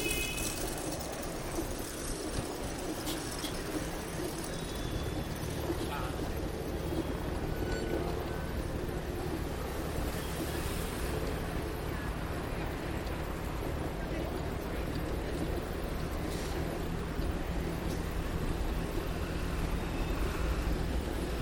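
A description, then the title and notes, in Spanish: Busy downtown street sounds recorded while riding a bicycle through the city center. Constant low traffic rumble from cars and buses fills the whole clip, with scattered voices and occasional brief clatters and squeaks over the steady, dense background. Paisaje Sonoro Centro Centro de Bogotá en Bicicleta. Grabado en bicicleta.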